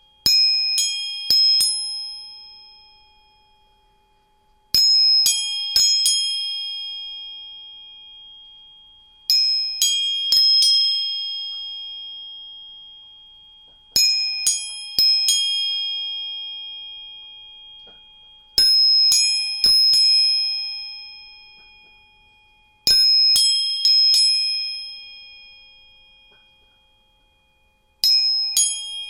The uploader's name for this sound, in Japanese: 音叉チューニング3本